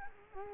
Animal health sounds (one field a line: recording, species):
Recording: mosquito wingbeat signal from an infrared sensor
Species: Culex quinquefasciatus